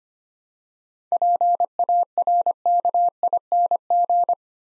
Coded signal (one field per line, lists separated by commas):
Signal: Morse code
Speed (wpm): 25 wpm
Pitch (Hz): 700 Hz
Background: none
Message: PARKING